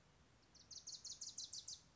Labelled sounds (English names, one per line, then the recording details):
Wilson's Warbler
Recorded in Sonoma County, California